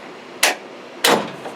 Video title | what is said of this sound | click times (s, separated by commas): Working On A 62 Falcon Today | if you want to hear that click click | 0.4 s, 1.1 s